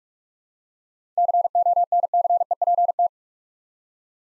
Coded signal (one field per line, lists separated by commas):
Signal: Morse code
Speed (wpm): 47 wpm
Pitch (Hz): 700 Hz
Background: none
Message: CONCEPT